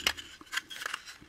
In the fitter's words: the back end will click into those two little pegs back there